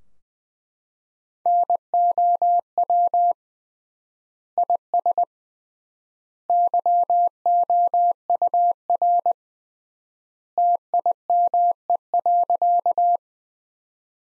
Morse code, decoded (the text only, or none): NOW IS YOUR TIME.